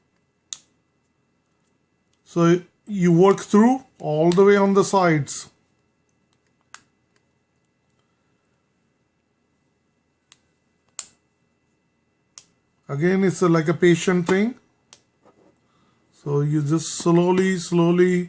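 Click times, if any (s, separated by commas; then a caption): 6.7 s, 10.3 s, 11.0 s, 12.4 s. Someone talks while working around the sides of a Galaxy S4's plastic bezel, pressing each side clip home into the smartphone housing. Sharp snaps are heard one by one at 6.7, 10.3, 11.0 and 12.4 seconds. The bezel side clips seat.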